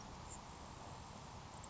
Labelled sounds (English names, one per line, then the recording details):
Grasshopper Sparrow
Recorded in Sonoma County, California